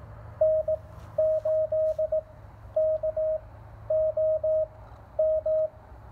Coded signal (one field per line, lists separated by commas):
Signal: Morse code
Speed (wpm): 17 wpm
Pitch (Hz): 630 Hz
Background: none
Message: N8KOM